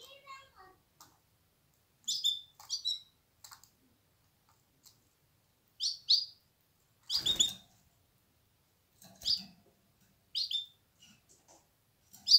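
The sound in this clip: Canary calls: soft, brief chirps and twittering notes in small clusters separated by quiet gaps, with a low thump near the middle.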